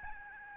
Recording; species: mosquito wingbeat signal from an infrared sensor; Aedes albopictus